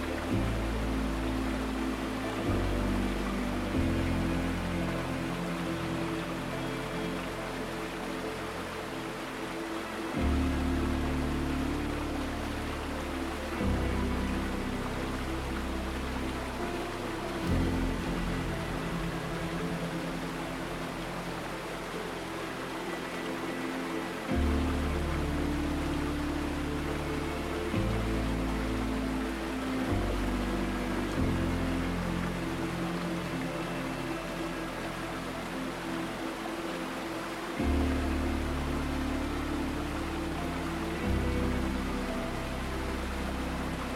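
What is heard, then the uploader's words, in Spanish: Water sounds run steadily under a slow, calm melody. The low notes shift to a new chord every few seconds, near 2, 10, 14, 17, 24, 28 and 38 seconds, while a dense, even hiss of water stays constant. Loudness barely changes. Sonidos Calmantes del AGUA y MELODÍAS Tranquilas. Sonidos tranquilizantes del agua y las melodías tranquilas.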